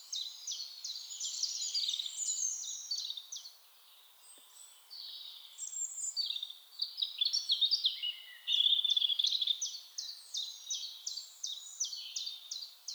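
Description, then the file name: European robin song in several high, sweet phrases separated by brief pauses, mixing fast repeated thin notes with liquid trills and short warbles. "Erithacus rubecula"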